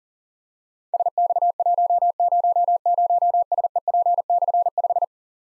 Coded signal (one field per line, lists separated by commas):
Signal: Morse code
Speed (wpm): 40 wpm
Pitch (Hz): 700 Hz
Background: none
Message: SX100SEP/5